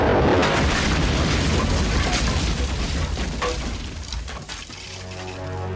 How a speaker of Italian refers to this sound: Alle 10.30 del 25 maggio 1928, il dirigibile Italia si schianta sui ghiacci del Polo Nord. È un impatto tremendo.